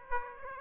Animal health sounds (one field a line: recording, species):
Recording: mosquito wingbeat signal from an infrared sensor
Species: Aedes aegypti